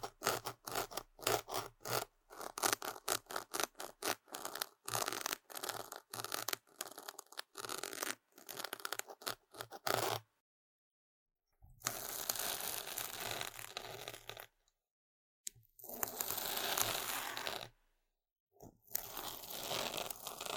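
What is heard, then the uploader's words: Intense scratching comes in rapid, ratchet-like bursts for ten seconds, then longer rough scrapes separated by short silences near 11, 15 and 18 seconds. Tingly Intense Scratching | NO Talking.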